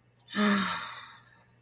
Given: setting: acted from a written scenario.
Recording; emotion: vocal sound without words; serenity